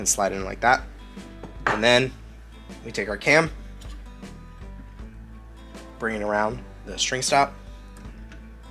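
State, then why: Not seated. Someone talks while handling a Matthews compound bow during a top hat change, with the bow cam being brought around the string stop, and a couple of faint, short handling taps are heard near the end. The cam has not yet clicked into place by the end of the clip.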